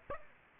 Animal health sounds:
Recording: mosquito wingbeat signal from an infrared sensor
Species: Aedes aegypti

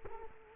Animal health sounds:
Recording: mosquito wingbeat signal from an infrared sensor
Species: Culex quinquefasciatus

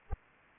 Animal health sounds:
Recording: mosquito wingbeat signal from an infrared sensor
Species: Anopheles arabiensis

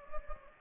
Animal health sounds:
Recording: mosquito wingbeat signal from an infrared sensor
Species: Anopheles gambiae

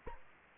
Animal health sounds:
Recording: mosquito wingbeat signal from an infrared sensor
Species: Aedes aegypti

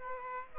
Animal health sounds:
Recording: mosquito wingbeat signal from an infrared sensor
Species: Aedes aegypti

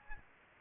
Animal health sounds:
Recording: mosquito wingbeat signal from an infrared sensor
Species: Aedes albopictus

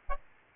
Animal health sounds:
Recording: mosquito wingbeat signal from an infrared sensor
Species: Aedes albopictus

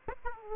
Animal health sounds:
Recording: mosquito wingbeat signal from an infrared sensor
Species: Aedes aegypti

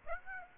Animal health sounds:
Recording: mosquito wingbeat signal from an infrared sensor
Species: Aedes aegypti

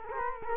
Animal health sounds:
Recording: mosquito wingbeat signal from an infrared sensor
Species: Culex quinquefasciatus

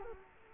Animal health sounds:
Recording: mosquito wingbeat signal from an infrared sensor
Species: Culex quinquefasciatus

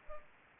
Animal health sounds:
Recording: mosquito wingbeat signal from an infrared sensor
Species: Aedes aegypti

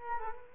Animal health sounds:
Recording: mosquito wingbeat signal from an infrared sensor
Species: Culex quinquefasciatus

